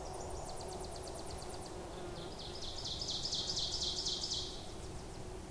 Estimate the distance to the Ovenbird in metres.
about 40 m